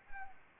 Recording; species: mosquito wingbeat signal from an infrared sensor; Anopheles arabiensis